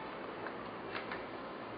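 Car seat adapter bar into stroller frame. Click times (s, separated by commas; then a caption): 0.5 s. A car seat adapter bar is pushed into the front of a full-size stroller frame until it latches. A single short tick is heard at 0.5 s as the bar clicks in and seats, over a steady background.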